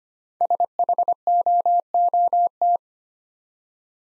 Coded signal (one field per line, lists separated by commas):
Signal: Morse code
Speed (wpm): 25 wpm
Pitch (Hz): 700 Hz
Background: none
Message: SHOOT